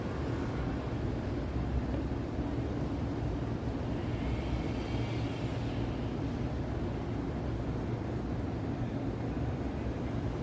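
Night city traffic in Midtown New York rumbles as a steady low roar, with a faint brighter whine rising briefly around five seconds.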